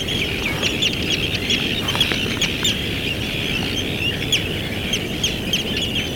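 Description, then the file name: Birds singing in a dense chorus of overlapping high chirps and trills over a steady low rumble of background noise. "oiseaux"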